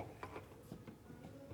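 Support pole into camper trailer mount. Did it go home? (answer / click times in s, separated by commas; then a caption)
no / none. Metal support poles (steadies) are being handled as they are clipped into their mount on a camper trailer, giving a series of light knocks and rattles over a low background hum. The part has not yet clipped in, and nothing has seated yet.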